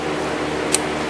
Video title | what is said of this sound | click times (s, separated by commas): Replace Plugs 2008 Honda Accord | you got to hear it click back on because you don't want it to come off by accident while you're driving | 0.8 s